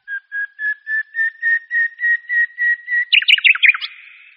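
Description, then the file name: Thrush nightingale song: a slow series of about eleven pure whistled notes, steadily louder and slightly rising, ending in a quick burst of loud chattering notes. "Slavík-tmavý"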